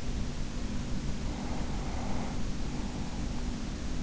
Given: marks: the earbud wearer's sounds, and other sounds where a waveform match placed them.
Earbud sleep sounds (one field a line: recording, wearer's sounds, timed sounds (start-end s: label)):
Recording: sounds in sleep by an in-ear microphone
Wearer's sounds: breath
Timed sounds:
0.98-3.60 s: breath